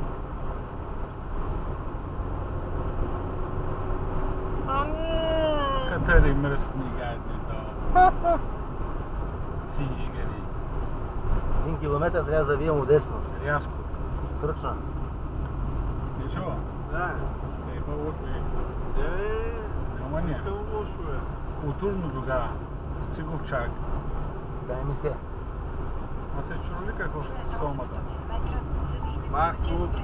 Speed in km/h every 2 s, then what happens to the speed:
53, 57, 57, 53, 51, 47, 42, 44, 46, 44, 44, 42, 46, 44, 42.
4-12 slows to 42. 12-30 steady at about 44.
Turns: 10-15.